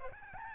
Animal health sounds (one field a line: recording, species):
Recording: mosquito wingbeat signal from an infrared sensor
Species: Aedes albopictus